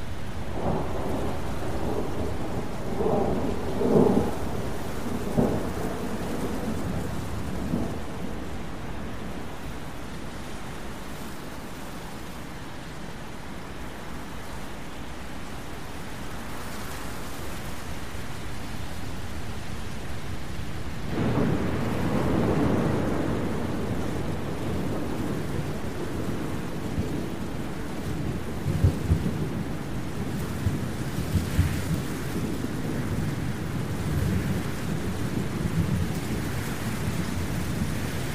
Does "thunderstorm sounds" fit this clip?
yes